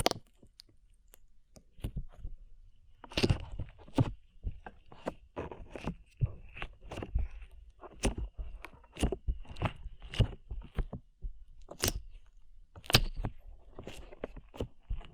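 Slime is squeezed and pressed in a quick, uneven run of wet squelches and sharp clicks, a few every second after a quiet first two seconds. Louder pops land near 3, 12 and 13 seconds. A faint thin whine holds steady underneath.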